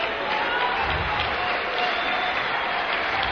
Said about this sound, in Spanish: Dele fuerte el aplauso. Si está entendiendo el mensaje.